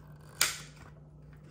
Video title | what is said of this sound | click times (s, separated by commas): Putting together Brayden’s train, didn’t go as expected | You heard the click there. | 0.4 s